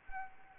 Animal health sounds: mosquito wingbeat signal from an infrared sensor; Anopheles gambiae

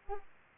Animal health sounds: mosquito wingbeat signal from an infrared sensor; Aedes aegypti

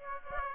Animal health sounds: mosquito wingbeat signal from an infrared sensor; Aedes aegypti

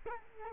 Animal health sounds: mosquito wingbeat signal from an infrared sensor; Culex quinquefasciatus

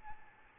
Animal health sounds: mosquito wingbeat signal from an infrared sensor; Aedes albopictus

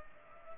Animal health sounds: mosquito wingbeat signal from an infrared sensor; Culex pipiens

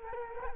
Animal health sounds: mosquito wingbeat signal from an infrared sensor; Culex quinquefasciatus

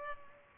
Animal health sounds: mosquito wingbeat signal from an infrared sensor; Culex pipiens

